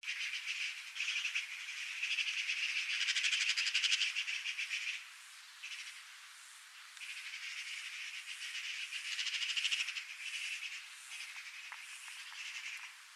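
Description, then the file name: Eurasian magpie giving a rapid, harsh rattling chatter in two long bursts separated by a quieter gap. "Pica pica"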